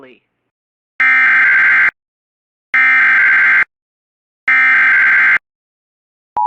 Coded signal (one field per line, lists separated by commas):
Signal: Emergency Alert System (SAME) tones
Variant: header bursts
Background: speech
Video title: TOR On WJON 2/28/24 (EAS #2257)